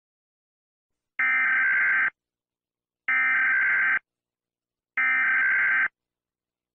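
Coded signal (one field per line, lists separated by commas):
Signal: Emergency Alert System (SAME) tones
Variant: header bursts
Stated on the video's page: Fictional scenario alert using tones with sound effects from online sources, not a real broadcast.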